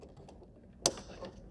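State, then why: Seated. A puddle light wiring connector on an Aston Martin DB9 door card is pushed into its socket and clicks into place at 0.9 s with a sharp, bright snap over quiet background handling noise. The connector is confirmed seated.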